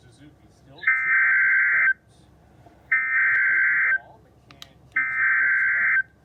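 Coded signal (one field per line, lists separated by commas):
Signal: Emergency Alert System (SAME) tones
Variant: header bursts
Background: speech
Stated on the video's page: Alerts received from NOAA Weather Radio stations and AM and FM broadcast stations.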